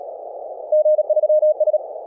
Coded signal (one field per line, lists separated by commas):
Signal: Morse code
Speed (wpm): 37 wpm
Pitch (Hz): 620 Hz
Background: none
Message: G3S